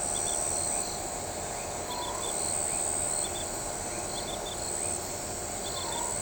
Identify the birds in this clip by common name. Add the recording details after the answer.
none. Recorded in shrubland near Pivijay, Magdalena, Colombia, on 17 April 2023 at 22:30. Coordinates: 10.453, -74.365. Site P5-G022